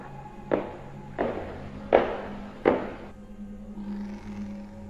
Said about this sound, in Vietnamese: bác Cổ nghe có tiếng bước chân đang đi rất nhẹ lên cầu thang gỗ